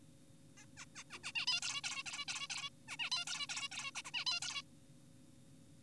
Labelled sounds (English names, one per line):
Zebra Finch